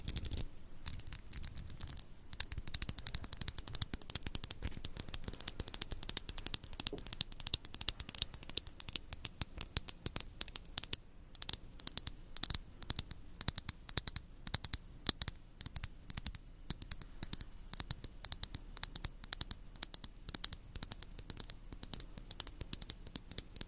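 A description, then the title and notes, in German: Tapping that begins with a few scattered knocks and soon turns into a dense, fast stream of sharp, bright clicks. The taps come irregularly but almost without pause, some louder than others, over a low, faint rustle that continues throughout. ASMR - "Tapp, tapp, tapp".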